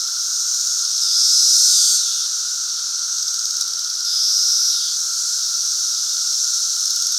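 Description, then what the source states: Periodical cicadas in a dense, continuous chorus: a steady high hiss with a lower droning band, swelling twice in loudness. Great Southern Brood cicada emergence in 2024.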